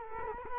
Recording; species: mosquito wingbeat signal from an infrared sensor; Culex quinquefasciatus